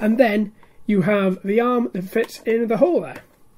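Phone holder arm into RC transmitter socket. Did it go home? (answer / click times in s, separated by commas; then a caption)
no / none. Someone talks while handling the plastic phone-holder arm at its hole on the RC transmitter of an MJX Bugs 2 SE 5G GPS quadcopter drone. The arm has not been pushed home, and nothing has seated or clicked into place yet.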